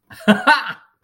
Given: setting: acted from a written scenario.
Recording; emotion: vocal sound without words; positive surprise